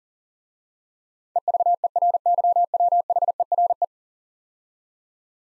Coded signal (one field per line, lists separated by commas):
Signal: Morse code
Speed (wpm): 40 wpm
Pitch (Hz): 700 Hz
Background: none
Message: EVERYWHERE